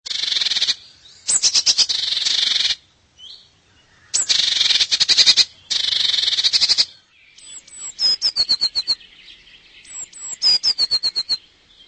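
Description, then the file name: Eurasian blue tit calls: bursts of harsh, buzzy churring scolds, then high thin notes leading into short rapid trills, repeated twice. "DKMMNature-Blue Tit"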